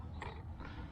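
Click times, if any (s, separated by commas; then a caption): none. A plastic part of the fuel pump assembly is lined up and pushed onto the pump module during a fuel pump replacement on a 2002 Mitsubishi Eclipse. Low mechanical creaking and handling noise run throughout, with a sharper knock near 0.2 s and a softer one near 0.7 s. Nothing has snapped into place yet.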